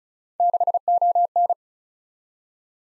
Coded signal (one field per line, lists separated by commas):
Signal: Morse code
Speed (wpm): 36 wpm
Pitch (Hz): 700 Hz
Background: none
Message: 6ON